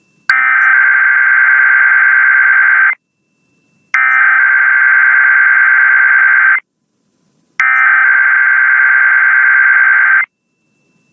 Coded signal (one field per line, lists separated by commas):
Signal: Emergency Alert System (SAME) tones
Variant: header bursts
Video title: Late April Monthly and Weekly Chaos (EAS #10815-10824) 4/26/23